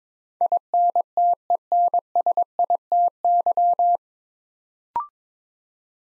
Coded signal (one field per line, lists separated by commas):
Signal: Morse code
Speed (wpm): 21 wpm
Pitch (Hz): 700 Hz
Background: none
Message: INTENSITY